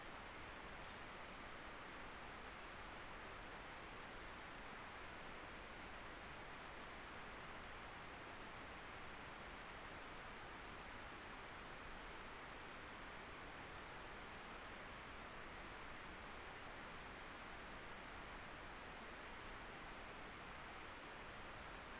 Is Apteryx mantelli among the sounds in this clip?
no